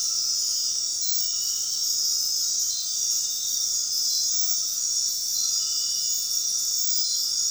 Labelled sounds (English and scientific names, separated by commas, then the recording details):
none
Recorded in dense forest near Puerto Asís, Putumayo, Colombia, on 19 February 2024 at 22:30
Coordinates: 0.466, -76.327
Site G6413